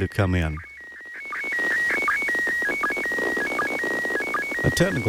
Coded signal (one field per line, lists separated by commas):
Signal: SSTV (slow-scan television)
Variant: PD 180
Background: speech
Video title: Ham Nation 178: Happy 2015!